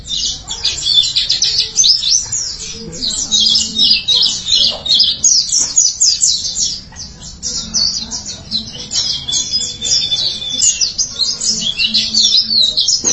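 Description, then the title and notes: White-eye song: rapid high-pitched twittering, a busy stream of thin chirps and buzzy trills, briefly softer near the middle. "Suara kicauan burung pleci"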